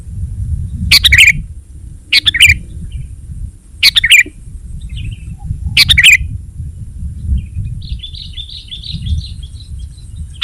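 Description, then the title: Sooty-headed bulbul calls: four short, bright two-part phrases spaced apart, with a faint thin warble near the end. "kutilang"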